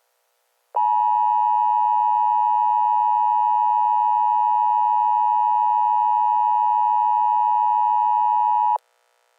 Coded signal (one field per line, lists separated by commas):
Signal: Emergency Alert System (SAME) tones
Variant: 853 and 960 Hz attention tone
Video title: EAS Scenario - Counter Strike : Global Offensive